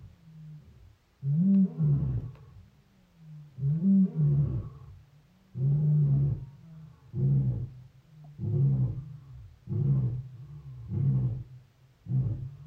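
Lion roaring in a series of deep, grunting bursts, the calls growing shorter toward the end.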